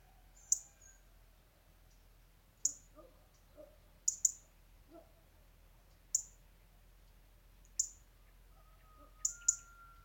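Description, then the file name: European robin uttering eight crisp, high clicks spaced one to two seconds apart, some doubled. "Erithacus rubecula"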